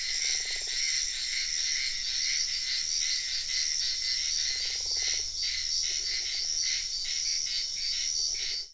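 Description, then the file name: Insect chorus, high-pitched and buzzing, swelling in steady throbbing pulses, while several short low rattling frog calls break in underneath. Wetland at night in Sian Ka'an Biosphere Reserve; frogs also calling. "felix blume nature ambience wetland night frogs insects bird heron type sian ka an biosphere reserve"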